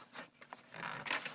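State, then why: Not seated. A drive is handled and slid toward its bay in a computer case during a PC upgrade, making soft scraping and rustling sounds with brief ticks near 0.5 and 0.7 seconds and a louder sliding scrape toward the end. Nothing has seated or clicked into place yet.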